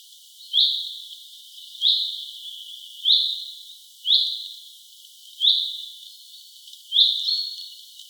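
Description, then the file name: Common chaffinch calling: six sharp, high notes that flick upward and then hold level, repeated about every second and a quarter. "Fringilla coelebs"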